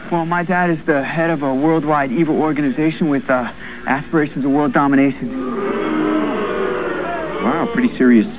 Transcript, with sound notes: My dad is the head of a world wide evil organization with aspirations of world domination.
[audience boos.] Wow, pretty serious stuff.